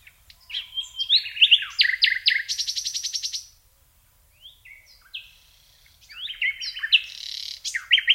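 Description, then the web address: Common nightingale song with rich, varied phrases, chattering notes and a fast repeated trill, a brief pause, then more varied whistles and rapid notes. "SETE data Luscinia megarhynchos"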